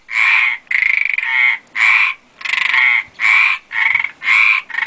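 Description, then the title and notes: Frogs croaking in a dense chorus: loud, rasping croaks following each other in quick succession. Frog chorus in a water ditch on La Gomera, in the field. "Frosch im Wassergraben - Gomera. Feld. Froschkonzert im Wassergraben"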